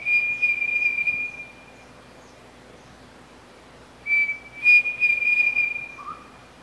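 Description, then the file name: Pavonine cuckoo giving a high whistled phrase, a pause of a couple of seconds, then a second run of bright whistles and a soft lower note. "canto do peixe frito pavonino"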